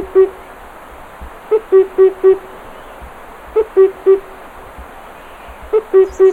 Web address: sound Himalayan-cuckoo. صدای-پرنده-کوکوی-هیمالیایی